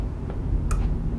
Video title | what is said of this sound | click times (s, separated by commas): Clear Smoked Tail Lights - Camaro Install | you heard a little click there and then push the red tab down to lock it we're good to go there | 0.7 s